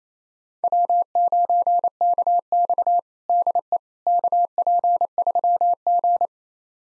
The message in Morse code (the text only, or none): W9KX DE KP3G